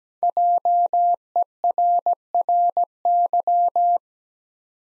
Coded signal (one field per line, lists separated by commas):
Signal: Morse code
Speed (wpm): 17 wpm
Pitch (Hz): 700 Hz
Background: none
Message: JERRY